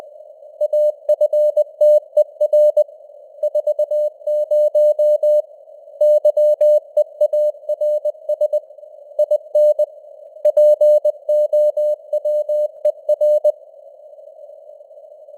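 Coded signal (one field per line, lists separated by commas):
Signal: Morse code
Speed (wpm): 20 wpm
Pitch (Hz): 600 Hz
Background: none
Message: AFTER 40 YEARS IN POWER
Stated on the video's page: Morse news headlines at 20 wpm with simulated radio noise and varying signal strength (QSB).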